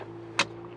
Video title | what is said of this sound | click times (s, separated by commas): 2008-2012 Honda Accord- 4 Cylinder- Engine Filter and Pollen air Filter Replacement | Just push it all the way in until you hear it click. | 0.4 s